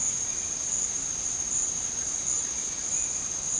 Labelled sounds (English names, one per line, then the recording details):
none
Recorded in dense forest near Puerto Asís, Putumayo, Colombia, on 12 March 2025 at 16:30
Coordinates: 0.467, -76.328
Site G041